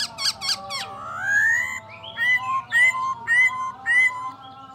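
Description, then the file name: Black-throated laughingthrush calling with a drawn-out rising whistle, then a regular run of short clear whistled notes about every half second, over a faint low hum. "Pterorhinus chinensis"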